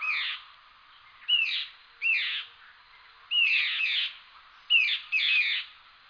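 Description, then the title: Songbird repeating brief, harsh slurred phrases separated by short silences. "LuckyPassaro Completos2Sama"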